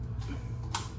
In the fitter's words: You should hear it pop.